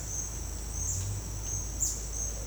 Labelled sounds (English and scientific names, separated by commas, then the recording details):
none
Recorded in dense forest near Puerto Asís, Putumayo, Colombia, on 22 December 2024 at 08:00
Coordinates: 0.481, -76.323
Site G100